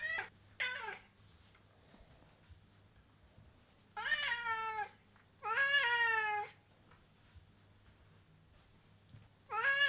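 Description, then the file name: Domestic cat giving several meows, two short ones at the start, then two longer meows near the middle and one more at the end, over a steady low hum. Male cat. "Kater"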